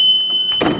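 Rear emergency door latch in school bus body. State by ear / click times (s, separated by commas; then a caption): not seated / none. The rear emergency door of a school bus is being swung shut toward its metal latch while the door alarm buzzer sounds as a steady high tone. A broadband rush of movement noise rises near the end of the clip. Nothing has latched or seated yet.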